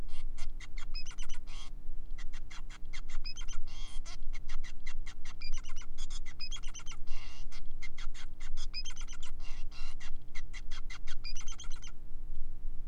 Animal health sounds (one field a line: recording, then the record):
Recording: song of a male Bengalese finch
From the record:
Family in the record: son of father 5